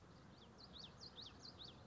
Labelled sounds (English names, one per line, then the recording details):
Common Yellowthroat
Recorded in Sonoma County, California